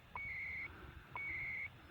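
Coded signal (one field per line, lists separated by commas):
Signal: radio time signal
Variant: CHU Canada, 300-baud FSK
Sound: two short ticks one second apart, each followed by a half-second high warbling data burst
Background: radio static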